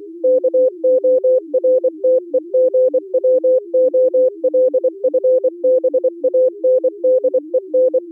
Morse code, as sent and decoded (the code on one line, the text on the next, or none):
-.- --- .-. - . --. .-- --- .-.. ..-. -... .- -. -.. . -.
KORTEGWOLFBANDEN